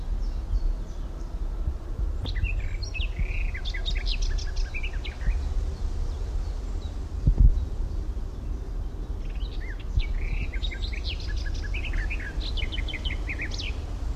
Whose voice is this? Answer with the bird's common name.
Garden Warbler